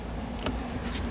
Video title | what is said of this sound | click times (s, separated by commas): 2022 Kia Stinger GT2 Dash removal and ambient light power location | and then just kind of tilt it up and it snaps back into place | 0.5 s